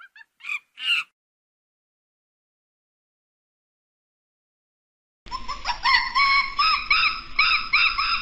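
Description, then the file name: Monkey calls: a few short, sharp yelps, then several seconds of silence, followed by loud, continuous, wavering screams. "Tieng khi keu"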